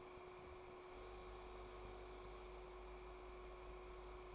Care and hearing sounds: daily activity, microphone in the room; make coffee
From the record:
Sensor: 1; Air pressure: 1014.7 hPa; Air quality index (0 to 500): 189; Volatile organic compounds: 26 ppm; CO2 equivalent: 2858 ppm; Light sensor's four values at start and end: 4/10/3/3 and 4/10/3/3

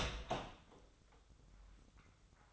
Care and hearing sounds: daily activity, microphone in the room; open door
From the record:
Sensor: 3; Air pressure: 996.1 hPa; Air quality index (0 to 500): 64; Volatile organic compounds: 3 ppm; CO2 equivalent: 1483 ppm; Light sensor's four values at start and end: 14/33/14/14 and 14/33/14/14

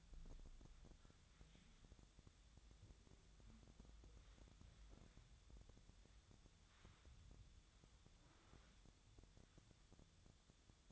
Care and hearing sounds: daily activity, microphone in the room; wipe stove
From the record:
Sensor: 3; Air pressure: 1004.8 hPa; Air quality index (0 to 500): 78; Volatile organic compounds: 2 ppm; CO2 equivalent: 1174 ppm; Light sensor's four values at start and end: 8/19/7/7 and 8/19/7/7

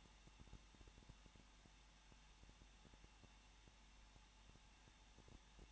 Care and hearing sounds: daily activity, microphone in the room; no activity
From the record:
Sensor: 1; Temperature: 20.1 degrees Celsius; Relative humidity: 39.4%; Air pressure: 1006.4 hPa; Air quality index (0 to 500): 219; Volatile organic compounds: 81 ppm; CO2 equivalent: 3615 ppm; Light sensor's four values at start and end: 1/2/1/1 and 1/2/1/1

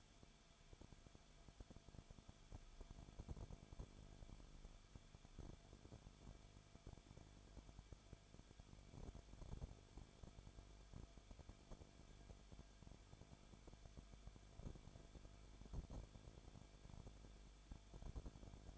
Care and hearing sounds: daily activity, microphone in the room; no activity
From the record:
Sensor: 5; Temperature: 20.4 degrees Celsius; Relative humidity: 39.7%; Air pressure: 1010.8 hPa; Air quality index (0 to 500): 166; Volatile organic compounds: 15 ppm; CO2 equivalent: 2504 ppm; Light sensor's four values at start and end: 2/3/1/1 and 2/3/1/1

